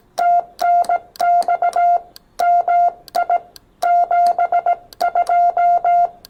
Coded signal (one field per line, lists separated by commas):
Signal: Morse code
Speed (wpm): 16 wpm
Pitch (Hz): 690 Hz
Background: none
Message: TNX MI 72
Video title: Two #POTA activations using R1CBU on Xiegu X6100 and MFJ-1898 #hamRadio